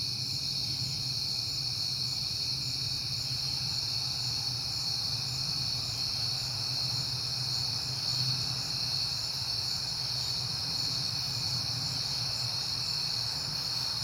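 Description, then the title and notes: Crickets trill continuously at high pitch over a low rumble. Crickets recorded at night in September, heard often lately, on a peaceful night. "Night Time: Crickets and Passing Cars. It is September and I have been hearing the crickets a lot"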